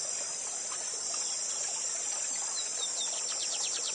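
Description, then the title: Lined seedeater singing a quick burst of high, repeated downslurred notes near the end, set against constant water noise and a high droning hiss. Bigode 'Gavião negro', a song-teacher bird, singing live with a waterfall. "Canto de Bigodinho. Bigode Gavião negro professor de canto cantando ao vivo com cascata!"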